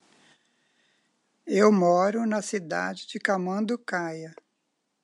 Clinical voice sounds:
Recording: short text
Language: Brazilian Portuguese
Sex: female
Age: 60 to 69 years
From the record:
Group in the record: control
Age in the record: 68 years

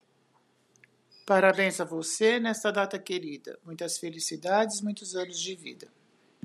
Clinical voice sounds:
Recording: short text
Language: Brazilian Portuguese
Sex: female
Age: 70 to 79 years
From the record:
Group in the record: control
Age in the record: 76 years

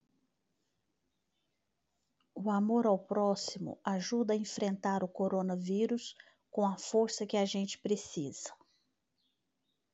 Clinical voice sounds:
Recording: spoken sentence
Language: Brazilian Portuguese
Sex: female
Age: 50 to 59 years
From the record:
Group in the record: control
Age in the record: 57 years

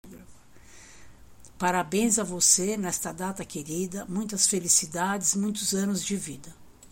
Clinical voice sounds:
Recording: short text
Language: Brazilian Portuguese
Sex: male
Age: 60 to 69 years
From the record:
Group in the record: control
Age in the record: 69 years

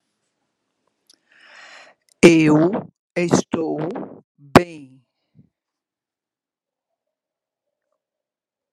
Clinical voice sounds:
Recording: short text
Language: Brazilian Portuguese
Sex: female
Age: 50 to 59 years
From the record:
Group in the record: control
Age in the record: 54 years

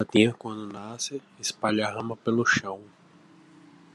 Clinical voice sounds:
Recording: short text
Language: Brazilian Portuguese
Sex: male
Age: 20 to 29 years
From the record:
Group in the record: control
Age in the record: 25 years

